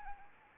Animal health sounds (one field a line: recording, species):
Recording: mosquito wingbeat signal from an infrared sensor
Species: Anopheles arabiensis